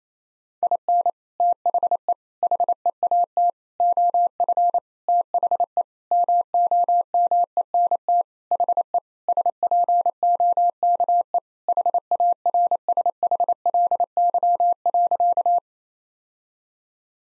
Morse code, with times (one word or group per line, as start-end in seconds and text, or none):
0.6-1.1 IN
1.4-2.1 THE
2.4-3.5 HEAT
3.8-4.8 OF
5.1-5.8 THE
6.1-8.2 MOMENT
8.5-9.0 HE
9.3-11.4 SPOKE
11.7-15.6 HARSHLY.